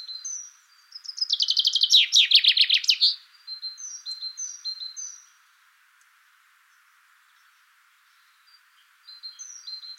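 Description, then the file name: Common chaffinch song: a loud descending rattle of trills around two seconds, ending in a flourish, with thin high notes and soft chirps around it. "Fringilla coelebs"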